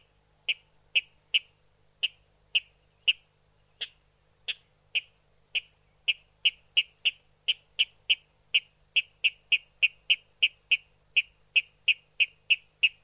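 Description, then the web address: Water rail giving sharp, clicking kip notes, spaced at first, then quickening into a steady series of about three per second over thirteen seconds. Water rail call played back for a survey protocol, France. "Oiseaux Eau Raledeau Protocolerepasse Rledeau FC"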